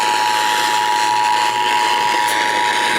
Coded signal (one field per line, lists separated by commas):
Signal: Emergency Alert System (SAME) tones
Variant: 853 and 960 Hz attention tone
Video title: COLUMBIA'S TAKEOVER... EAS Alerts from 6/16/22 (EAS #7,331 - 7,479)